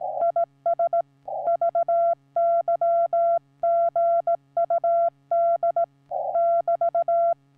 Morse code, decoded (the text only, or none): IS VY GUD <BT>